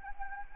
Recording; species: mosquito wingbeat signal from an infrared sensor; Anopheles arabiensis